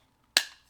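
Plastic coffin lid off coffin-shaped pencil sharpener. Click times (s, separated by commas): 0.4 s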